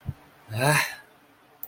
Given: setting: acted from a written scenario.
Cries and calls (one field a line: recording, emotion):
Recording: vocal sound without words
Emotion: relief